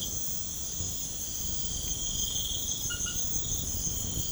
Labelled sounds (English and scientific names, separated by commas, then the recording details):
none
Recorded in pastures near Puerto Asís, Putumayo, Colombia, on 21 March 2025 at 23:30
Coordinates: 0.505, -76.324
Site GP08